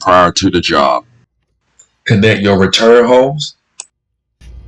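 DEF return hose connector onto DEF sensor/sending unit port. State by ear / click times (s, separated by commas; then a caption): seated / 3.8 s. Someone talks while the DEF return hose quick-connect fitting is pressed down onto the port of the DEF level sensor/sending unit on a 2017 International 4300 truck. A sharp click is heard at 3.8 s as the connector snaps in and seats.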